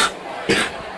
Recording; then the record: coughing mixed with background sound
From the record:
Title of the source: 64 coughing, allergies, singing lungs